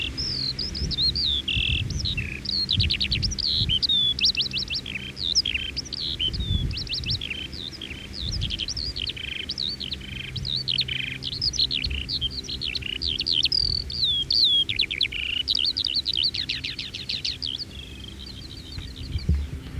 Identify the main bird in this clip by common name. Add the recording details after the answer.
Eurasian Skylark. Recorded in the wild. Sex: male. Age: adult. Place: Wreechen, Insel Rügen, Mecklenburg-Vorpommern, DE. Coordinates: 54.3397, 13.4614. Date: 1979-06-27. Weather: overcast, 16°C. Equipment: ITT Schaub-Lorenz Studio Recorder 72, Verstärker, MD 421 HL, Reflektor, Kopie Uher 4200 Report. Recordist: Tembrock, Günter